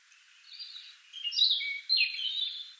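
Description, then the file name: European robin giving a short song phrase: soft high notes, then two louder bursts of thin, trilling warbles. "Erithacus rubecula"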